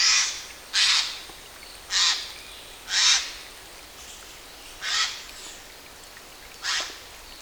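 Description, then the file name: Eurasian jay giving several loud, harsh, rasping screeches spaced about one to two seconds apart, over steady low background noise. "Garrulus glandarius"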